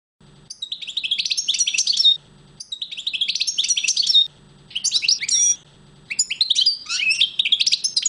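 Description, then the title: European goldfinch delivering four tinkling, twittering song phrases separated by brief silent gaps. "chardonneret"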